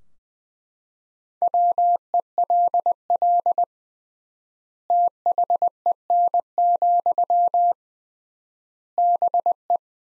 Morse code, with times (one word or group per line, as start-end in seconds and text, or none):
1.4-3.6 WELL
4.9-7.7 THEN,
9.0-9.8 BE